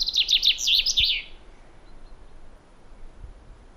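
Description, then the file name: Common chaffinch song: one quick, bright phrase of repeated notes tumbling downward, ending in a short flourish, followed by quiet background. "Fringilla coelebs"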